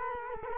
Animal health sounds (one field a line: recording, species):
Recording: mosquito wingbeat signal from an infrared sensor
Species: Culex quinquefasciatus